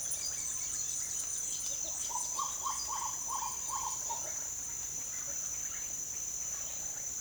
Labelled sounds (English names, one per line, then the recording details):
unidentified bird
Green Ibis
Russet-backed Oropendola
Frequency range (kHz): unidentified bird 2.1-12.0 kHz; Green Ibis 0.2-1.7 kHz; Russet-backed Oropendola 0.7-3.0 kHz
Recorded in dense forest near Puerto Asís, Putumayo, Colombia, on 21 February 2024 at 07:30
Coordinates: 0.505, -76.324
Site G6467